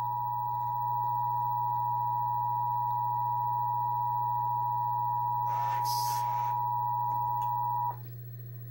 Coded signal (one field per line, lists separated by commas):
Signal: Emergency Alert System (SAME) tones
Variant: 853 and 960 Hz attention tone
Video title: EAS Required Monthly Test 4/16/2020